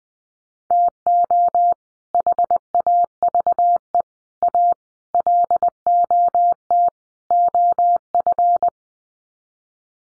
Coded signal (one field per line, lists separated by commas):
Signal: Morse code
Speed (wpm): 20 wpm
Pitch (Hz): 700 Hz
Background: none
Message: TO HAVE A LOT OF